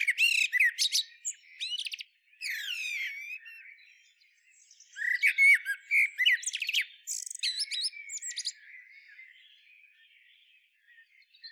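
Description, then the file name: Common blackbird calls: rapid squawky chatter and sweeping notes in several bursts, easing into sparse thin chips toward the end. "Turdus merula"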